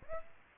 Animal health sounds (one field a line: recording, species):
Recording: mosquito wingbeat signal from an infrared sensor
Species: Aedes aegypti